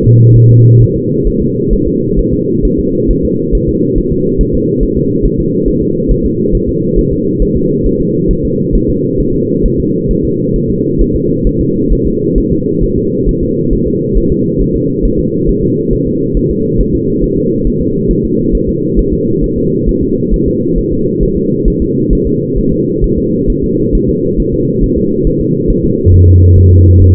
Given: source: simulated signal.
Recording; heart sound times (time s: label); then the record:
fetal heart sounds
0.04 s: S2
0.36 s: S1
0.50 s: S2
0.82 s: S1
0.96 s: S2
1.27 s: S1
1.42 s: S2
1.73 s: S1
1.87 s: S2
2.19 s: S1
2.34 s: S2
2.65 s: S1
2.79 s: S2
3.11 s: S1
3.25 s: S2
3.55 s: S1
3.69 s: S2
3.98 s: S1
4.12 s: S2
4.41 s: S1
4.55 s: S2
4.83 s: S1
4.97 s: S2
5.26 s: S1
5.40 s: S2
5.68 s: S1
5.82 s: S2
6.11 s: S1
6.26 s: S2
6.55 s: S1
6.69 s: S2
6.99 s: S1
7.13 s: S2
7.42 s: S1
7.57 s: S2
7.86 s: S1
8.01 s: S2
8.31 s: S1
8.45 s: S2
8.75 s: S1
8.90 s: S2
9.20 s: S1
9.35 s: S2
9.66 s: S1
9.80 s: S2
10.11 s: S1
10.25 s: S2
10.56 s: S1
10.70 s: S2
11.01 s: S1
11.16 s: S2
11.47 s: S1
11.61 s: S2
11.93 s: S1
12.07 s: S2
12.38 s: S1
12.52 s: S2
12.84 s: S1
12.98 s: S2
13.29 s: S1
13.43 s: S2
13.73 s: S1
13.88 s: S2
14.18 s: S1
14.32 s: S2
14.62 s: S1
14.76 s: S2
15.05 s: S1
15.20 s: S2
15.49 s: S1
15.64 s: S2
15.93 s: S1
16.07 s: S2
16.37 s: S1
16.51 s: S2
16.81 s: S1
16.95 s: S2
17.24 s: S1
17.38 s: S2
17.67 s: S1
17.81 s: S2
18.11 s: S1
18.25 s: S2
18.55 s: S1
18.69 s: S2
18.99 s: S1
19.13 s: S2
19.44 s: S1
19.58 s: S2
19.89 s: S1
20.03 s: S2
20.34 s: S1
20.48 s: S2
20.78 s: S1
20.93 s: S2
21.23 s: S1
21.37 s: S2
21.68 s: S1
21.82 s: S2
22.13 s: S1
22.27 s: S2
22.58 s: S1
22.73 s: S2
23.04 s: S1
23.18 s: S2
23.50 s: S1
23.64 s: S2
23.95 s: S1
24.09 s: S2
24.40 s: S1
24.54 s: S2
24.84 s: S1
24.98 s: S2
25.27 s: S1
25.41 s: S2
25.70 s: S1
25.85 s: S2
26.14 s: S1
26.28 s: S2
26.58 s: S1
26.72 s: S2
27.02 s: S1
From the record:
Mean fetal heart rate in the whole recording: 135 bpm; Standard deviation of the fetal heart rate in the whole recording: 3 bpm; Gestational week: 36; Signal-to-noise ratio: -11.2 dB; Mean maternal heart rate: 72 bpm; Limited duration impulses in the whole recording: present